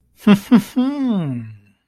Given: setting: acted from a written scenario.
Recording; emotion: vocal sound without words; desire